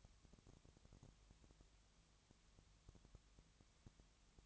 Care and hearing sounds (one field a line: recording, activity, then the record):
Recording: daily activity, microphone in the room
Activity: no activity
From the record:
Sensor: 3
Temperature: 20.6 degrees Celsius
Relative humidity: 34.7%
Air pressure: 1007.2 hPa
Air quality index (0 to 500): 136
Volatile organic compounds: 3 ppm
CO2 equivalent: 1519 ppm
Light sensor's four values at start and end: 2/3/2/2 and 2/3/2/2